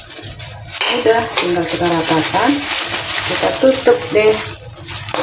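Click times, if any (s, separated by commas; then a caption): 5.1 s. A plastic lid is pressed down onto a plastic food storage container filled with leveled chili paste while someone talks. The lid clicks shut at 5.1 s, a click that means the container is sealed tight.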